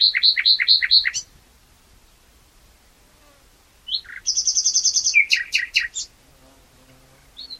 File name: Luscinia megarhynchos